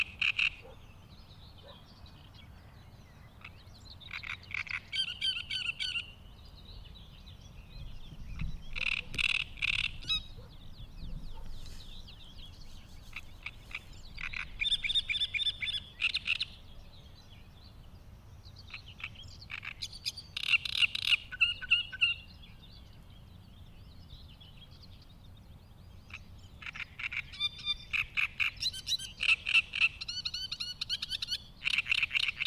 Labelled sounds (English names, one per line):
Great Reed Warbler song